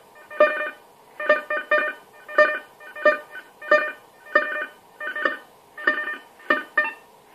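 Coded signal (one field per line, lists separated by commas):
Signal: unidentified radio signal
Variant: AMIS smart meter powerline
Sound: about ten repeating buzzy, chopped harmonic bursts, roughly one every 0.7 seconds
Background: radio static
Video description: AMIS Signal der Energie-AG Oberösterreich im Langwellenbereich stören unter anderem den DCF-77 Zeitzeichenempfang sehr stark!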